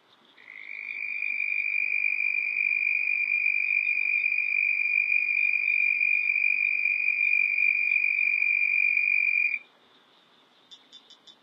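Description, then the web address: Red-spotted toad giving one long, level, high-pitched musical trill of about nine seconds. Recorded in North America. "Songs of Frogs Toads of North America. Red-spotted Toad"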